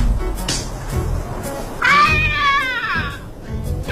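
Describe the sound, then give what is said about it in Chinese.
A stray cat, struck by a man jumping down from a window, lets out one drawn-out, wavering yowl lasting about a second, rising and sliding in pitch over low background rumble and a few short knocks. “你看，都砸着野猫了。”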